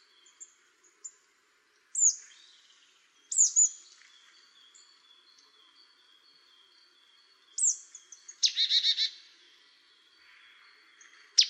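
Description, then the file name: Marsh tit calls, several sharp descending high notes, then a harsh buzzy rattled burst, with faint background notes. "Poecile palustris"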